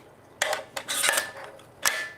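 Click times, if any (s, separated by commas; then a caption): 0.4 s. An iris insert is slid into the gobo slot of a Profoto Spot Small light-shaping spot projector and pushed down. It clicks into place at 0.4 s, followed by further short metallic knocks and scraping around 0.8 s and 1.9 s. The click shows the iris is seated.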